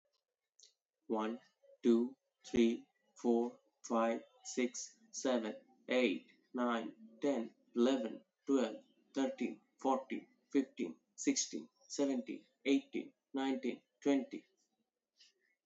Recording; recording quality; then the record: counting at a normal pace; excellent, no background noise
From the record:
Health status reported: healthy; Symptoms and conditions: diabetes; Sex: male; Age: 26 years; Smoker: not ticked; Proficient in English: yes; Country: India